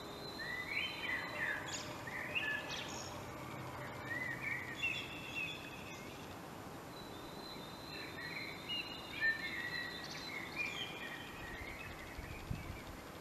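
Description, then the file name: Common blackbird song, repeated warbling phrases with high twittery endings, over background hiss. "Turdus merula"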